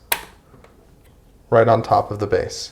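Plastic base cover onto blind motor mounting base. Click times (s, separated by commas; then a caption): 0.1 s. The plastic base cover of a SwitchBot Blind Tilt smart blind tilt motor is pressed onto its mounting base and clicks into place with a sharp, loud snap at 0.1 s, followed by a faint second tick around 0.6 s. After a quiet pause, someone talks from about 1.5 s. The cover is seated.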